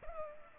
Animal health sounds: mosquito wingbeat signal from an infrared sensor; Culex pipiens

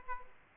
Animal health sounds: mosquito wingbeat signal from an infrared sensor; Aedes aegypti

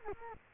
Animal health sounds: mosquito wingbeat signal from an infrared sensor; Culex quinquefasciatus

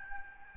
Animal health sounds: mosquito wingbeat signal from an infrared sensor; Aedes albopictus

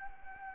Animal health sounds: mosquito wingbeat signal from an infrared sensor; Anopheles gambiae

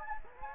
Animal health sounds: mosquito wingbeat signal from an infrared sensor; Anopheles gambiae

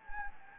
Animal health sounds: mosquito wingbeat signal from an infrared sensor; Anopheles gambiae

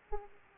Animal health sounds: mosquito wingbeat signal from an infrared sensor; Aedes aegypti

